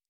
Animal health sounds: hydrophone in a shrimp aquaculture tank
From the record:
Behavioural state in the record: normal

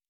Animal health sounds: hydrophone in a shrimp aquaculture tank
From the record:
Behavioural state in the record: normal

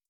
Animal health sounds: hydrophone in a shrimp aquaculture tank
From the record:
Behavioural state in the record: feeding

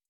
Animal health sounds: hydrophone in a shrimp aquaculture tank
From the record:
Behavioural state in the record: stressed

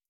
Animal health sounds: hydrophone in a shrimp aquaculture tank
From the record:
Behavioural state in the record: starved

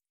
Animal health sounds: hydrophone in a shrimp aquaculture tank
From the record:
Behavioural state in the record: feeding

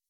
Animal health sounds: hydrophone in a shrimp aquaculture tank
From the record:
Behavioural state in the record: weakened

